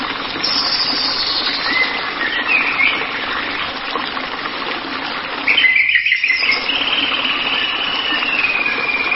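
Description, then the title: White-rumped shama singing scratchy chirps, then a long sustained buzzy trill, with a constant background hiss throughout. "Kicau Murai Batu"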